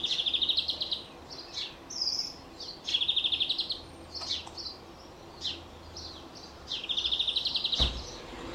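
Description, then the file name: European greenfinch calling in fast, even trills lasting about a second, repeated three times every few seconds, amid brief high chips and faint background hiss. "Chloris chloris"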